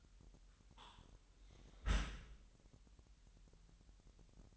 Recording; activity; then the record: daily activity, microphone in the room; close dishwasher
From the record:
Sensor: 3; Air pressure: 998.3 hPa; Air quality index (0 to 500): 149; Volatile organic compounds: 5 ppm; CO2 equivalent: 1785 ppm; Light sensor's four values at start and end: 13/39/16/14 and 13/39/16/14